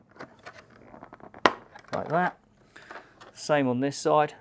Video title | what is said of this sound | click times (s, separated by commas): How to change a visor: Caberg Droid motorcycle helmet | so we feed this down into there push it onto the post until we hear a click | 1.5 s